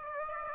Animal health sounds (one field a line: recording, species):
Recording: mosquito wingbeat signal from an infrared sensor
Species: Aedes aegypti